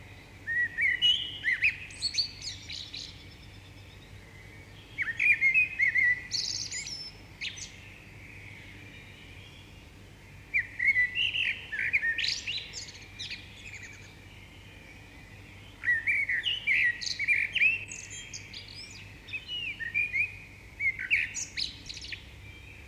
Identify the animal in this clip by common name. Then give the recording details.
Common Blackbird. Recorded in the wild. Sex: male. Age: adult. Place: Bielefeld-Mitte, Nordrhein-Westfalen, DE. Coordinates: 52.0072, 8.54694. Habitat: residential district. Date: 1969-04-07. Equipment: Uher 4000 Report-S, Bändchenmikro Beyer M 260, Parabolspiegel Polyester (470 mm). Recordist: Conrads, Klaus